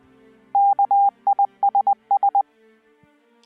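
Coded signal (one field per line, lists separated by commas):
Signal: Morse code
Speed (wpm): 20 wpm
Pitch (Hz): 800 Hz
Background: music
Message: KISS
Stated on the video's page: Morse from Final Fantasy 7 game footage.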